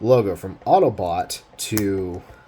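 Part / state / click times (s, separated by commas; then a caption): plastic key in the logo-swap slot of an action figure / not seated / none. A plastic key is being handled at the logo-swap slot of an action figure, meant to swap its shield logo from Autobot to Decepticon. Someone talks throughout, with no distinct click heard. Nothing has seated or clicked into position yet.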